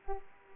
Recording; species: mosquito wingbeat signal from an infrared sensor; Aedes aegypti